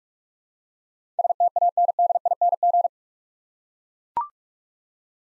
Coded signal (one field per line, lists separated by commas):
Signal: Morse code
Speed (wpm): 42 wpm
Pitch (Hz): 700 Hz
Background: none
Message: STANDING